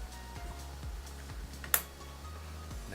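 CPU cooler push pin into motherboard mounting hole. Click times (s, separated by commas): 1.7 s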